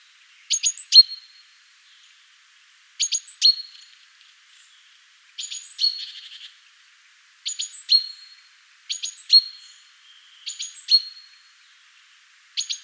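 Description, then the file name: Great tit calls: short groups of two or three sharp high notes, each ending in a clear tonal note, repeated every two seconds or so against a quiet background. "Parus major"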